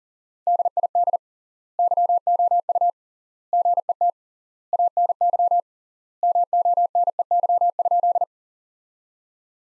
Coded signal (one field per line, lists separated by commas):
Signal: Morse code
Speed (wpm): 40 wpm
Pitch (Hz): 700 Hz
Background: none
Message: DID YOU GET ANY MONEY?